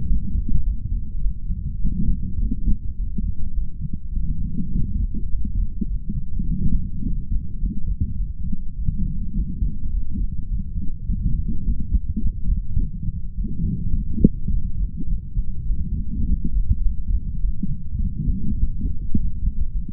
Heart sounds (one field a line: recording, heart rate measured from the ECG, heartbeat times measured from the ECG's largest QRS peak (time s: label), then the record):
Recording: heart sounds by stethoscope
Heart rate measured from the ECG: 104 bpm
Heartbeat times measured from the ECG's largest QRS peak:
0.06 s: heartbeat
0.63 s: heartbeat
1.20 s: heartbeat
1.79 s: heartbeat
2.38 s: heartbeat
2.96 s: heartbeat
3.53 s: heartbeat
4.12 s: heartbeat
4.71 s: heartbeat
5.29 s: heartbeat
5.86 s: heartbeat
6.44 s: heartbeat
7.02 s: heartbeat
7.58 s: heartbeat
8.15 s: heartbeat
8.73 s: heartbeat
9.33 s: heartbeat
9.90 s: heartbeat
10.46 s: heartbeat
11.04 s: heartbeat
11.62 s: heartbeat
12.19 s: heartbeat
12.76 s: heartbeat
13.34 s: heartbeat
13.92 s: heartbeat
14.49 s: heartbeat
15.07 s: heartbeat
15.65 s: heartbeat
16.24 s: heartbeat
16.81 s: heartbeat
17.39 s: heartbeat
17.98 s: heartbeat
18.57 s: heartbeat
19.13 s: heartbeat
19.71 s: heartbeat
From the record:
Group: healthy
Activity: light exercise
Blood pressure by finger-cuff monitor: 102/58 mmHg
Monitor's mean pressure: 70 mmHg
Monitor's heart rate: 104 bpm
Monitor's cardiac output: 7.5 L/min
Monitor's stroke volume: 72 mL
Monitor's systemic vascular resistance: 670 dyn s/cm5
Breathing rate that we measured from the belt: 26 breaths a minute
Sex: male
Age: 22 years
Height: 181 cm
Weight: 60 kg